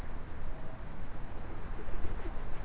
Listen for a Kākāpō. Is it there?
no